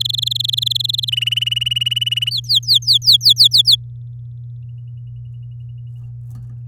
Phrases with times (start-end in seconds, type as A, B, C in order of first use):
0.00-1.10 A, 1.12-2.30 B, 2.31-3.75 C